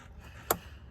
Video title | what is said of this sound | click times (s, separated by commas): January 26, 2020 | Put your sensor on there, slowly push forward till you hear a click. | 0.5 s